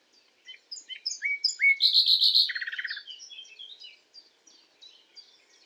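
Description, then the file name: Common nightingale song: rising whistled notes building into a loud, rapid stutter of repeated notes and a fast low trill, then softer varied twittering. "Luscinia megarhynchos"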